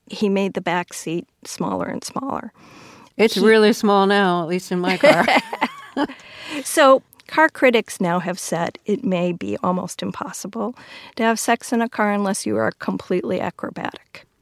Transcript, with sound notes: He made the back seat smaller and smaller.
It's really small now, at least in my car.
(Laughter) So car critics now have said it may be almost impossible to have sex in a car unless you are a completely acrobatic.